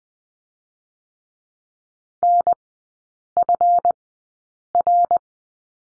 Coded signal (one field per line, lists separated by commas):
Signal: Morse code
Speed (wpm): 20 wpm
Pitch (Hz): 700 Hz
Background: none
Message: NFR